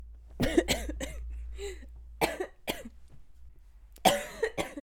Woman Coughing.